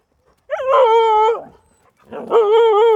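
Siberian Husky howling: two drawn-out, tonal howls, the first about a second long, the second wavering, with a short pause between them.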